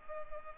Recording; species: mosquito wingbeat signal from an infrared sensor; Culex pipiens